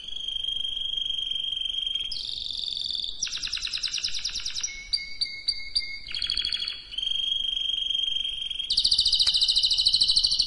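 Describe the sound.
Canary song alternating steady whistled trills with dense, buzzy rattling tours, each held a second or two before switching to a new pitch.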